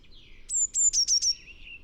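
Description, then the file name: Eurasian blue tit call: two very high, thin notes followed by three slightly lower quick notes, with faint softer chirping before and after. "Cyanistes caeruleus"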